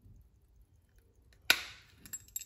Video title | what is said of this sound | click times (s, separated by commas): Đồng hồ cơ cổ đẹp, Đức Đồng Hồ Vintage Watch 10-3-2023 sđt: 0902435655 & 0905435655,zalo: 0902435655 | mà anh em mở bằng dao thì nó vẫn nghe tiếng cạch rất lớn anh em nha | 1.5 s